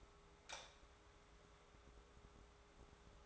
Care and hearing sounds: daily activity, microphone in the room; light off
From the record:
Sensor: 3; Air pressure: 1010.2 hPa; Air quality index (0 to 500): 166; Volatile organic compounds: 9 ppm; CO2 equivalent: 2171 ppm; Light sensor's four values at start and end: 50/125/55/59 and 47/117/51/57

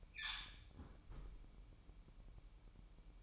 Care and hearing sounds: daily activity, microphone in the room; close fridge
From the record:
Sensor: 1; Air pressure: 1007.9 hPa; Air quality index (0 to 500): 103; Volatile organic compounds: 1 ppm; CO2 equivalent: 874 ppm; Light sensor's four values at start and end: 12/28/12/13 and 12/28/12/13

